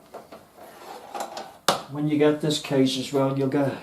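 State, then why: Seated. A plastic drive tray or cover is slid onto its mount in the drive cage of a Corsair 760T PC case (a 2015 build upgrade). After faint low handling noise, it latches with a sharp, loud click at 1.7 s, seating the tray in the cage. Someone talks right after.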